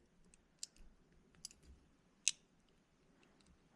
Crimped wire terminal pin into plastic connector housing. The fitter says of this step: push it all the way in until you hear it click.